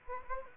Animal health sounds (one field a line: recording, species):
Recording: mosquito wingbeat signal from an infrared sensor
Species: Anopheles gambiae